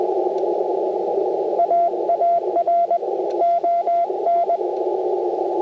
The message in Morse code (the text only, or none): AAR ON